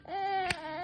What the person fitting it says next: Very important that you hear these little snaps.